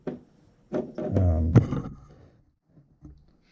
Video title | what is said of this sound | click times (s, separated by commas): Remixing a Side Filament Loader for the Flashforge Dreamer (NX) - (The Iterative Process) - Part 4 | this snaps back in this this is no problem with this keeping this grill on here | 0.1 s